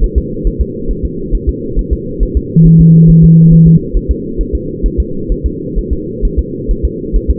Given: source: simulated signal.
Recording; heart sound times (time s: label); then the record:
fetal heart sounds
0.04 s: S1
0.18 s: S2
0.47 s: S1
0.61 s: S2
0.91 s: S1
1.05 s: S2
1.35 s: S1
1.49 s: S2
1.79 s: S1
1.93 s: S2
2.23 s: S1
2.37 s: S2
2.67 s: S1
2.81 s: S2
3.10 s: S1
3.24 s: S2
3.53 s: S1
3.67 s: S2
3.97 s: S1
4.11 s: S2
4.41 s: S1
4.55 s: S2
4.86 s: S1
5.00 s: S2
5.32 s: S1
5.46 s: S2
5.79 s: S1
5.93 s: S2
6.25 s: S1
6.39 s: S2
6.71 s: S1
6.85 s: S2
7.16 s: S1
7.30 s: S2
From the record:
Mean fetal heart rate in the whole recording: 135 bpm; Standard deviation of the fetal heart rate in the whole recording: 3 bpm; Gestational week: 36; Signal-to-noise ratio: -6.6 dB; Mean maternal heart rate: 72 bpm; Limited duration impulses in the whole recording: present